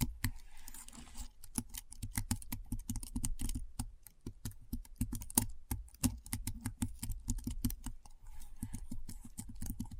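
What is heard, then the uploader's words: Keyboard sounds: a steady run of fast typing, with crisp key clicks and low thocks following one another densely, several per second, across the whole ten seconds. The pace stays fairly even, with only brief pauses and a few sharper, louder strikes. ASMR Keyboard Sounds (No Talking).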